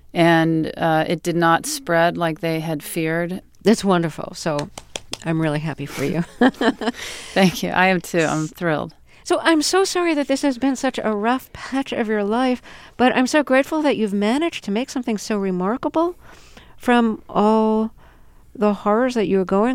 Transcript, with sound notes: and it did not spread like they had feared.
That's wonderful, so I'm really happy for you.
(LAUGHTER) Thank you, I am, too. I'm thrilled.
So I'm so sorry that this has been such a rough patch of your life, but I'm so grateful that you've managed to make something so remarkable from all the horrors that you were going through.